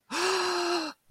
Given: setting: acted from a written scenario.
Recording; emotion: vocal sound without words; elation